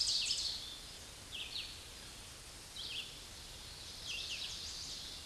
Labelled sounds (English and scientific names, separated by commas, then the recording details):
Red-eyed Vireo (Vireo olivaceus) song
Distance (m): 30 m
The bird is about 15 m above the microphone
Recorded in a Pennsylvania forest on 16 May 2024 at 07:42
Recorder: AudioMoth, point MSD-1539
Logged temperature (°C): 16.0 °C
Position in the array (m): 150 m, 28 m